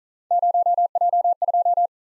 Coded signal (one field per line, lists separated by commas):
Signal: Morse code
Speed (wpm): 43 wpm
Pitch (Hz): 700 Hz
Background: none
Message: 0J2